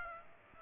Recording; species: mosquito wingbeat signal from an infrared sensor; Aedes aegypti